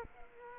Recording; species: mosquito wingbeat signal from an infrared sensor; Culex quinquefasciatus